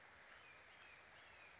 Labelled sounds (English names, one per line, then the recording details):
Western Flycatcher
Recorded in Sonoma County, California